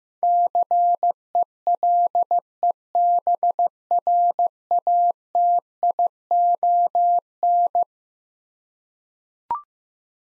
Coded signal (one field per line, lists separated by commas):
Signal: Morse code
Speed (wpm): 15 wpm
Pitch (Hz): 700 Hz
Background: none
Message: CELEBRATION